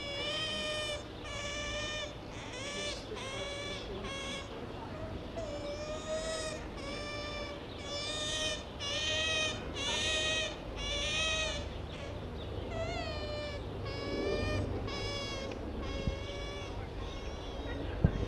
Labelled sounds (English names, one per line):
European Otter call